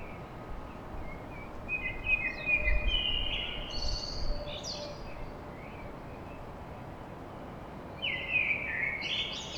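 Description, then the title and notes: Common blackbird song: a flowing fluted phrase ending in high squeaky notes, then a silence and a second phrase, with faint low rumble. Song recorded at dawn in Paris. "Blackbird Poetry At Paris On. Enregistrement d'un chant de merle à l'aube dans Paris"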